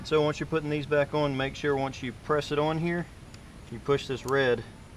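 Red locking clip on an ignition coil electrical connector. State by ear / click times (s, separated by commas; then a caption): not seated / none. On a 2012–18 Ford Focus, an ignition coil electrical connector is being reinstalled, and its red plastic locking clip is about to be pushed forward so the connector locks and can't be pulled off. Someone talks throughout, with faint background noise. Nothing has seated or clicked yet.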